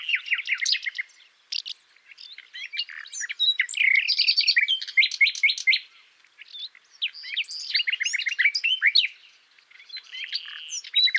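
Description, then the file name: Common nightingale in continuous, varied song: stuttering note series, buzzy trills and slurred whistles in several phrases separated by brief gaps. "Luscinia megarhynchos"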